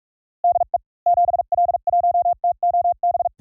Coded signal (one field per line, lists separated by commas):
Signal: Morse code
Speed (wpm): 46 wpm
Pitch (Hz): 700 Hz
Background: none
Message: DE 7L1TOB